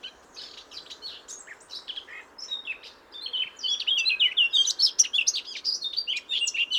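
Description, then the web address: Eurasian blackcap warbling, beginning quietly and growing louder into a quick run of chirpy, twittering notes over a soft background hiss. "SETE Sylvia atricapilla"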